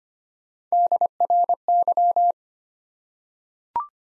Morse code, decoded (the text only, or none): DRY